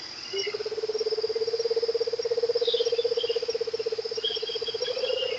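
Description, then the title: Rufous-capped motmot giving a low, rapidly pulsed rolling trill held steadily for about five seconds, with faint higher notes in the background. "LuckyPassaro Completos2Sama. Rufous-capped Motmot (Baryphthengus ruficapillus)"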